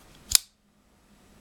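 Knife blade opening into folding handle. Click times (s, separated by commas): 0.3 s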